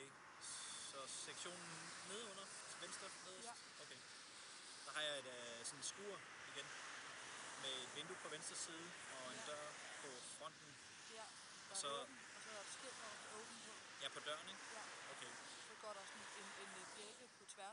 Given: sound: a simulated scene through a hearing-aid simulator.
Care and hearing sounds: conversation; traffic; 0 dB SNR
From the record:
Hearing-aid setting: standard clinical setting (NAL); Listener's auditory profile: A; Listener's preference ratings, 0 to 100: 71, 55, 33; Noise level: 75 dB SPL

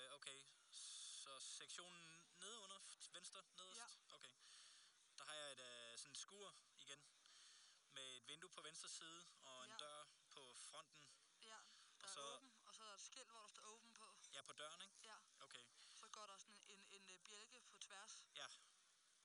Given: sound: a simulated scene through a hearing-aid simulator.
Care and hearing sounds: conversation; quiet; 65 dB SPL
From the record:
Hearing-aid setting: I (fast-acting compression, audibility-based gain); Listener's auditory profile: D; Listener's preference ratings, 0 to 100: 79, 52, 90

